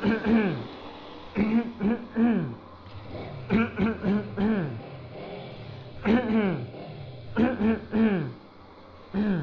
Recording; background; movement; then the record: throat clearing; traffic; sitting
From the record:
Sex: male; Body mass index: 20.6 kg/m2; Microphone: on the chest, facing outward